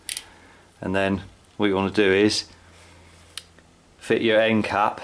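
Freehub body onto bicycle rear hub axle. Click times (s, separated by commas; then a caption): 0.1 s, 0.2 s. A metal freehub body, slid onto a DT Swiss bicycle rear hub axle during a Shimano-to-Campagnolo swap, is turned clockwise to engage the pawls and pops into place with two sharp, loud clicks at 0.1 and 0.2 seconds, seating on the hub. Someone then talks, with another brief sharp tick at about 3.4 seconds.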